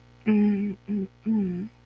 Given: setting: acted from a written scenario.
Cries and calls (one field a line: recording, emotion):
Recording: vocal sound without words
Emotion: embarrassment